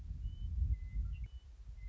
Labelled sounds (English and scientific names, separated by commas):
Western Meadowlark (Sturnella neglecta)